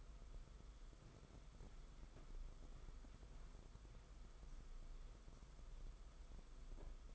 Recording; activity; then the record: daily activity, microphone in the room; walk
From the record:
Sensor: 5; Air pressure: 990.9 hPa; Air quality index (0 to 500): 147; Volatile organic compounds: 142 ppm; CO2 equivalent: 3988 ppm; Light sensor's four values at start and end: 42/129/49/53 and 42/129/49/53